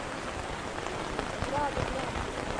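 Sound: rain falling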